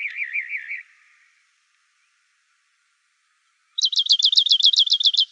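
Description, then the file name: Rock wren song opening with a quick wavering trill, then silence, then a rapid, even series of about twelve repeated high notes. Arizona, recorded 1 November 2003. "ROWR 2 deviche"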